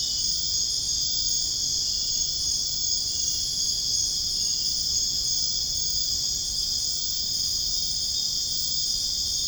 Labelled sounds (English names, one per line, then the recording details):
none
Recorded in dense forest near Puerto Asís, Putumayo, Colombia, on 22 June 2025 at 23:00
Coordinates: 0.481, -76.323
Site G072